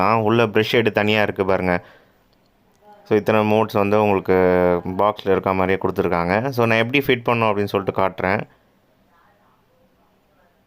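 A plastic brush head is lined up on the shaft of an AGARO Cosmic Plus sonic electric toothbrush handle before fitting, while someone talks from 0 to about 1.8 s and again from about 3.1 to 8.5 s. Two faint, brief ticks are heard in the pause at 2.3 s and 2.8 s, and the clip ends in quiet. The brush head has not seated or clicked onto the handle yet.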